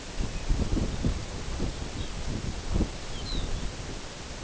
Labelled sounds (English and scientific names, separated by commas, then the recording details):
Lapland Longspur (Calcarius lapponicus)
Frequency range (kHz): Lapland Longspur (Calcarius lapponicus) 2.2-4.9 kHz
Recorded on Arctic tundra, site NAIT-1, on 22 June 2018
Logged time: 13:00